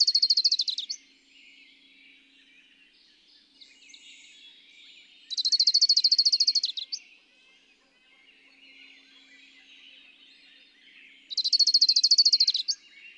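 Bird singing three short, rapid high trills, the first already under way, each under two seconds and several seconds apart, with faint twittering and hiss in the gaps.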